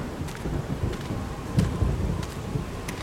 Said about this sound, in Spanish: cuando al llegar a una de las últimas curvas, un trueno hizo retumbar el valle entre montañas en el que ahora nos encontrábamos, y segundos después una tupida lluvia descargó sobre nosotros.